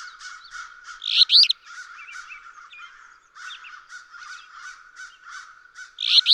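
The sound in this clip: Alder flycatcher singing a harsh, buzzy phrase twice, five seconds apart, over continuous chattering and a low droning trill from other birds.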